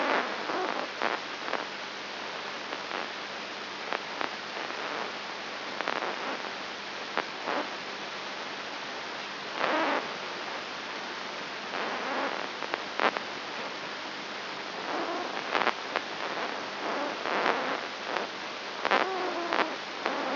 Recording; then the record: brain microelectrode recording played as sound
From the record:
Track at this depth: inside the subthalamic nucleus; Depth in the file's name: 1.306 mm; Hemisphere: left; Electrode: 3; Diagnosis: Parkinson's disease